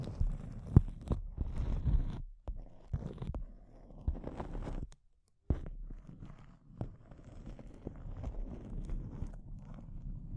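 Close-up crinkling fills the clip with dense, irregular crackles and sharp snaps, heaviest in the first two seconds. Two brief silences break it, near 2.3 and 5 seconds, then the crumpling resumes more sparsely with scattered crisp pops and scraping rustles.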